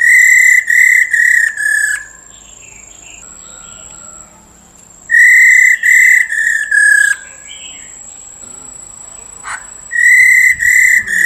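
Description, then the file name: Black-throated laughingthrush repeating groups of several level whistled notes, with quiet gaps between groups and a few soft, faint chirps in the pauses. Female call used to stimulate males. "Tieng khuou mun mai ro kich trong"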